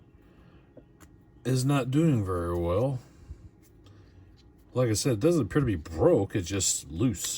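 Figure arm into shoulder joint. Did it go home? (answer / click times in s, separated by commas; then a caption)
no / none. Someone talks while handling the loose plastic arm of an action figure near its butterfly shoulder joint; the arm is not broken, just loose. Two faint, brief ticks sit under the quiet between the speech, and the arm has not yet snapped back into the shoulder when the clip ends; nothing has seated yet.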